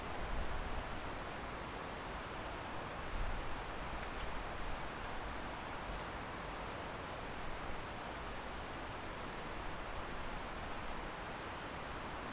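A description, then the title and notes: Wind rushes through the valley trees in a dense, steady roar that blurs into one continuous noise, with faint brief ticks now and then. Evening in the Garden in Winter. It’s the depths of December and the weak winter sun is setting early at around 4pm. The wind is rusting the trees in the valley below until the sound becomes almost a single noise.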